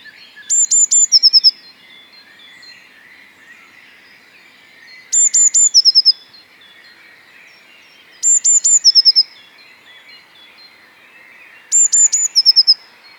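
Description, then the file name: Eurasian Blue Tit singing four times, each phrase a set of three piercing high notes followed by a quick trill, over a steady background of other birds chattering. "Cyanistes caeruleus"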